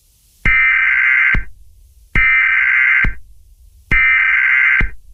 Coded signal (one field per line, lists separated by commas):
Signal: Emergency Alert System (SAME) tones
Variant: header bursts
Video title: (Bday Scenario) EAS Scenario #5|| The Bay